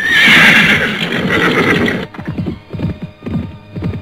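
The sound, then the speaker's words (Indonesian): A loud, shrill horse whinny rings out about five spear-lengths away for about two seconds, then gives way to a quick rhythm of galloping hoofbeats thudding repeatedly until the end. “Tetapi ketika ia tiba di tempat yang dicurigainya, lima tombak dari tempatnya terdengar ringkikan kuda yang kemudian disusul oleh derap langkahnya.”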